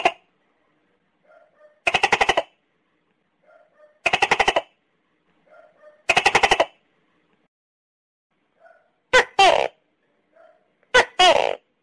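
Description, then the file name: Tokay gecko calls: rapid buzzy rattles of clicking pulses, then loud two-part 'to-kay' calls with a sharp first note and a longer falling second note near the end. "Tieng con tac ke keu"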